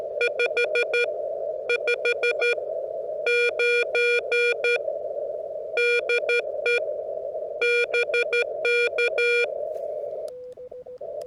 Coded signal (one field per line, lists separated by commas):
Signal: Morse code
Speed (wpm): 12 wpm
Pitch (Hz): 2400 Hz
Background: none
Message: 559 DE BK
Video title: Parks on the Air in CW. Practice with W4EMB